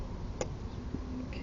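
A wiring harness connector is pushed onto the intake manifold runner control solenoid of a 2004 Acura RSX while the solenoid is being replaced for a P1078 fault caused by a bad solenoid. A sharp click at 0.4 s marks the connector seating, and a softer sound follows near 1.3 s. The connector is confirmed clicked in.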